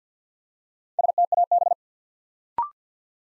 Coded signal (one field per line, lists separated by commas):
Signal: Morse code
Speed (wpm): 48 wpm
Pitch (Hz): 700 Hz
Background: none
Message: STAB